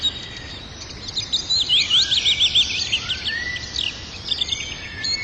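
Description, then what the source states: Birds singing together, a burst of bright rapid chirps in the middle, then softer twittering and a few sliding whistles over steady hiss. Birds in a forest.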